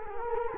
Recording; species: mosquito wingbeat signal from an infrared sensor; Culex quinquefasciatus